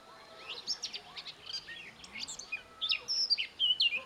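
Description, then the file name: Eurasian blackcap song: hurried scratchy warbling notes building into a bright, clear whistled finish. "Sylvia atricapilla"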